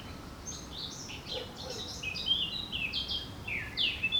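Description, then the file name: Eurasian blackcap singing a quick, fairly faint warble of short high chirping and twittering notes, running almost continuously throughout over a steady low background hiss. "Sylvia atricapilla"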